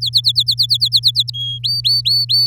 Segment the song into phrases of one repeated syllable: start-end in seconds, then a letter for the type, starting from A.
0.01-1.30 A, 1.33-1.58 B, 1.64-2.46 C